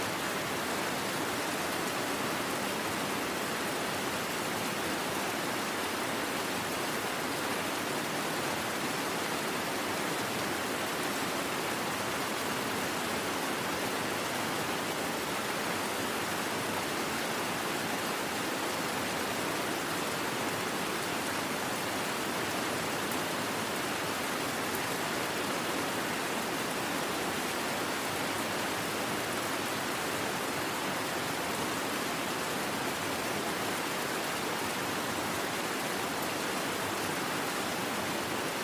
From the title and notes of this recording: Rain Sounds For Sleeping & River White Noise By Scottish Castle.